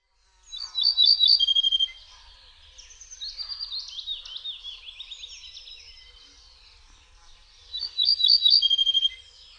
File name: ORTOLAN